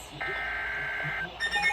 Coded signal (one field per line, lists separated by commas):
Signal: Emergency Alert System (SAME) tones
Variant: header bursts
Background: speech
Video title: EAS Severe Thunderstorm Warning￼ on NOAA Radios (7/5/2022) EAS #135